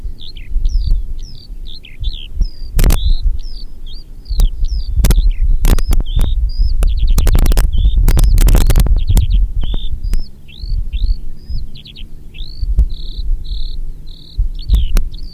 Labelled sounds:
Eurasian Skylark (Alauda arvensis) flight song
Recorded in the wild
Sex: male
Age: adult
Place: Bamberg, Bayern, DE
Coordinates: 49.925, 10.8614
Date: 1963-07-01
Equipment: Nagra, Neumann KM 54 a, Parabolspiegel Grampian, Original, Vollspur
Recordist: Tretzel, Erwin
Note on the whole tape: Männchen: Gesangsabschnitt (Luftaufnahme), Motiventwicklung und Motivsuche (Maindamm bei Hallstadt/Bamberg), Juli 1963

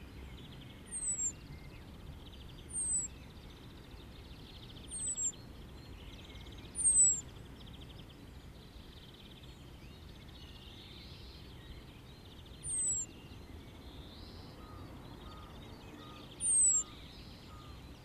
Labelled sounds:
Common Blackbird (Turdus merula) alarm call
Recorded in the wild
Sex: male
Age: adult
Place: Garmisch-Partenkirchen, Bayern, DE
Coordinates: 47.4925, 11.0739
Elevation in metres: 708
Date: 1969-04-12
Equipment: Uher 4000 Report
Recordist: Tretzel, Erwin

